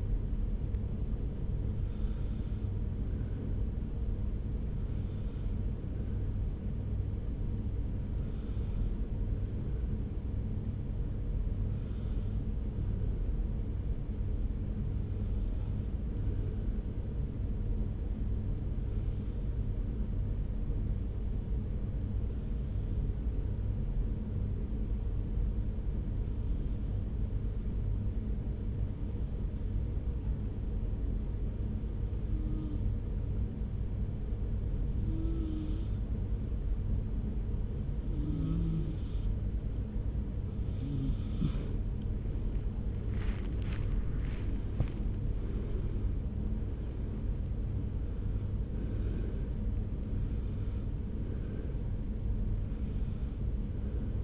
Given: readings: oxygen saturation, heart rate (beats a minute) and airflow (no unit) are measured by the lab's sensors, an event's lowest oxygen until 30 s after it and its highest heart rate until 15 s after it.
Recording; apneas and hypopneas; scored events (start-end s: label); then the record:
breathing in sleep by a smartphone at the bedside; 1
3.00-41.70 s: hypopnea (N1, oxygen 95% highest, then 90% lowest)
From the record:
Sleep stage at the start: N1 (lightest sleep); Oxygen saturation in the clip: 90 to 95%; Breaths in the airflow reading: 18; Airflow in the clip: -2.4 to 4.4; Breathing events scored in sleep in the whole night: 335 in 6.7 hours asleep